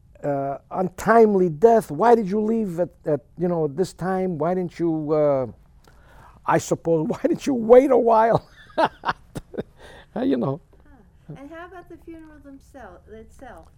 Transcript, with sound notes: uh, untimely death, why did you leave at, you know, this time, why didn't you, uh, I suppose, why didn't you wait a while. ( he laughs ) You know.
And how about the funeral themselves, itself?